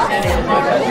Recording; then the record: background sound without coughing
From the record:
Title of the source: Nightlife Party Simulating Party Club Noise 1 Hour